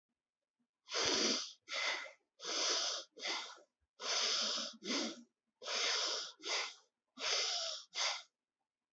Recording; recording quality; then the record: shallow breathing; excellent, no background noise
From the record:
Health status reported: healthy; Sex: male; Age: 47 years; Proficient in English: yes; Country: India